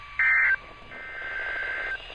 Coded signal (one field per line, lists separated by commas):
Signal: Emergency Alert System (SAME) tones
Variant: header bursts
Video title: Spring Break EAS Alerts (EAS 151-172)